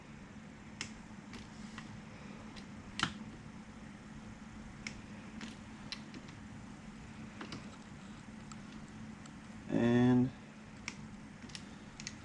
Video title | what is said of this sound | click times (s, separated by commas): How to remove clutch from a Klx110L | So now you can hear that's clicking, and we're doing these at 43 inch-pounds torque. | 0.8 s, 3.0 s, 4.9 s, 5.9 s, 10.9 s, 12.1 s